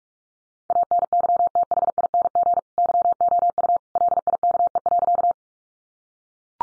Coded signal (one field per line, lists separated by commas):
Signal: Morse code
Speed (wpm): 44 wpm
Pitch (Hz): 700 Hz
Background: none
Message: ANYTHING YOU LIKE.